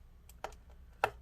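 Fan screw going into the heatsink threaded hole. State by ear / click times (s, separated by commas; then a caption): seated / 1.0 s. A screw holding the fan to the heatsink of a Mac Mini Late 2014 (A1347) is twisted backwards in the heatsink's threaded hole, making faint ticks around 0.3 and 0.4 seconds. At 1.0 seconds it drops into the start of the thread with a sharp, louder click, so the screw is seated and ready to be tightened a little.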